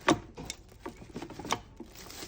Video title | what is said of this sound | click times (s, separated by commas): Easy Fix - Jack LaLanne's Power Juicer Elite Model MT-1066 | you can tilt that and then you'll hear it hear that click | 0.1 s